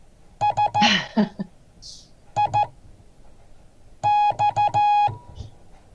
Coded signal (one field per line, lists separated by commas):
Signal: Morse code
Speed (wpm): 14 wpm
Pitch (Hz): 830 Hz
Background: none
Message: SIX